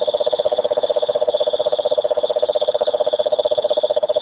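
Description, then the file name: Cane toad trilling: one steady, rapid, even pulsed trill at a mid pitch, running unbroken throughout with no other clear sounds. "rhinella marina"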